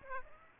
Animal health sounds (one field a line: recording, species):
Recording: mosquito wingbeat signal from an infrared sensor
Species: Aedes aegypti